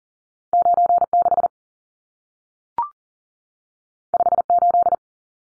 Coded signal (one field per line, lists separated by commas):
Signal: Morse code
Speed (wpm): 40 wpm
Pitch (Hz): 700 Hz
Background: none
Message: 96 58